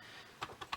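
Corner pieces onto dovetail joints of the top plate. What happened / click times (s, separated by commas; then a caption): Plastic corner pieces snapped onto their joints / 0.4 s, 0.6 s, 0.7 s. Plastic corner pieces are pressed home onto the dovetail joints while the top plate of a light box is fitted. Three short, sharp clicks sound at 0.4, 0.6 and 0.7 seconds over a quiet background, and the corners are seated.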